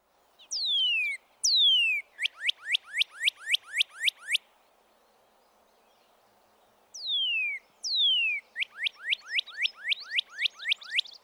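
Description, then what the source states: Northern Cardinal song: two long downslurred whistles followed by a rapid series of short repeated notes, given twice with a pause between. Downslurred 'cheer' vocalization; both males and females sing; heard throughout the year.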